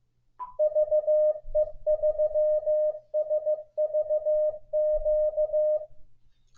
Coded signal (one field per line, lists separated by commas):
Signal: Morse code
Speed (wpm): 15 wpm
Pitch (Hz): 610 Hz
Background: none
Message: VE3SVQ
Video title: 14 TIPS TO MAKE IT EASIER FOR YOU TO LEARN MORSE CODE